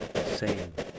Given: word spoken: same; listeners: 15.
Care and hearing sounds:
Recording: one English word in noise, from a listening test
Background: noise modulated by three-talker babble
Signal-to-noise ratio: -3.3 dB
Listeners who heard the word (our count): 5 of 15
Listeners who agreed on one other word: 6 of 15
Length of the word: 0.59 s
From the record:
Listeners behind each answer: 6, 5, 1, 1, 1, 1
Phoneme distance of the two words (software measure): 10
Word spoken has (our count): 1 syllable, 3 phonemes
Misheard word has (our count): 1 syllable, 3 phonemes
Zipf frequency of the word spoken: 5.65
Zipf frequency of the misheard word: 3.35

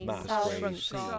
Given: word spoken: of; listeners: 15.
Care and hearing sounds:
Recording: one English word in noise, from a listening test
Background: four-talker babble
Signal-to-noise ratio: -0.6 dB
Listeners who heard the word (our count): 0 of 15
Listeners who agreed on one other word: 6 of 15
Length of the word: 0.79 s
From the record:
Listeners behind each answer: 6, 2, 1, 1, 1, 1, 1, 1, 1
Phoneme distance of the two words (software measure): 41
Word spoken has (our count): 1 syllable, 2 phonemes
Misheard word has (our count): 1 syllable, 5 phonemes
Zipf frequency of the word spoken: 7.27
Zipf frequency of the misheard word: 5.42

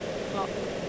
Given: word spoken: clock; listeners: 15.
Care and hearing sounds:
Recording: one English word in noise, from a listening test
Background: speech-shaped noise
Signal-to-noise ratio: -4.2 dB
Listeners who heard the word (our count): 2 of 15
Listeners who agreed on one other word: 6 of 15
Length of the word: 0.49 s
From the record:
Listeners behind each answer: 6, 2, 1, 1, 1, 1, 1, 1, 1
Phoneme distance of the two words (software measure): 10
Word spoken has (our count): 1 syllable, 4 phonemes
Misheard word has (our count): 1 syllable, 4 phonemes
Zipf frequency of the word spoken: 4.89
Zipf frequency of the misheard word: 4.57

